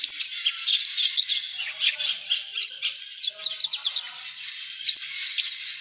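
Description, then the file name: Javan bush lark song: a rapid, continuous run of thin, high chirps and twittering notes, varied and unbroken throughout. "suara burung branjangan jawa"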